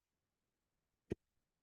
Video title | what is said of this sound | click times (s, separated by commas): Joan Lok and interlocking blocks - Orchid | you can hear snapping sound and then snap this together with this | 1.1 s